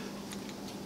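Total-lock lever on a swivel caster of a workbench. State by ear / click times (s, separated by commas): seated / 0.3 s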